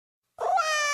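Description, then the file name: Cat giving a single drawn-out meow that starts abruptly, rises slightly, then holds a steady, harmonic-rich tone until the end. "Tieng meo hat"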